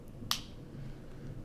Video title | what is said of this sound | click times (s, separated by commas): Impant Supported Dentures-Dental Implants Billings MT | uh we take that and in here you'll actually probably hear it snap into place | 0.3 s